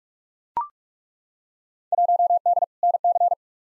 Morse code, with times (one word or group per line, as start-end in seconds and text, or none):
1.9-2.6 1D
2.8-3.3 NC